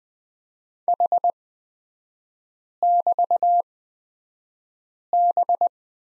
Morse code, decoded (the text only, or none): H<BT>B